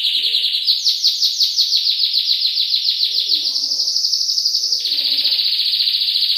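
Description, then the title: Canary song: one unbroken, fast rolling trill that steps upward early, holds steady, then shifts slightly lower near the end, with soft low chirps beneath. "Kenari"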